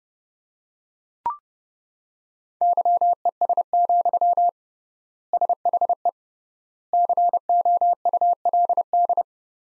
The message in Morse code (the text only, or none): YES, SHE COULD